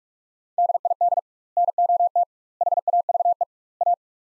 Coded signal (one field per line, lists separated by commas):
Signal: Morse code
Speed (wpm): 46 wpm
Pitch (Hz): 700 Hz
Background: none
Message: DID NOT HAVE A